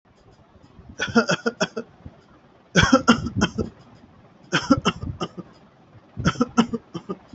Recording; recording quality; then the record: shallow voluntary cough; moderate, slight background noise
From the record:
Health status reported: healthy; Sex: male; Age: 25 years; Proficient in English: yes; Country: India